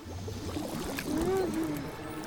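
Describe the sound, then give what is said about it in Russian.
In the film Moana, an ocean wave splashes against Moana's boat and hits her on the shoulder, a steady rush of water with a sharper hit partway through, while a short voiced sound rises and falls over the spray. “Волна ударяет Муану по плечу.”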